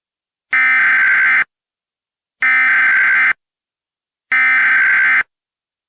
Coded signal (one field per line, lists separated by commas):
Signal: Emergency Alert System (SAME) tones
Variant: header bursts